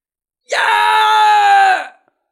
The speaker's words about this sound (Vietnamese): Đường Ngô hét lớn, ra sức dãy dụa bảo vệ lấy nguyên thần